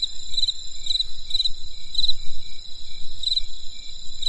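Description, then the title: Shrill continuous insect trilling with short chirps at uneven gaps, accompanied by low rumbling noise. Crisp insect sounds on a winter night in the countryside. "There was a crisp sound of insects in the winter night. Come and experience a sound therapy feast from the countryside"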